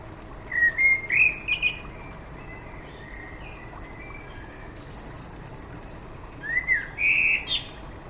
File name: Turdus merula